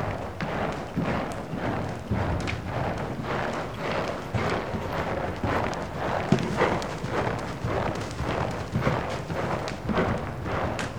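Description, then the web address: Horse hoofbeats: steady thudding footfalls in a continuous rhythm over a dull background rumble. One horse working in an indoor school. "BBC Sound Effects Library. One Horse Working In An Indoor"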